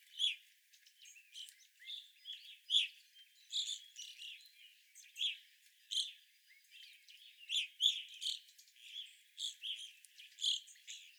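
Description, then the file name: Evening grosbeak calls, a steady stream of sharp chirps from several birds, overlapping and irregular throughout. Evening grosbeaks, several birds, recorded 25 April 2021. "2021-04-25 Evening Grosbeaks"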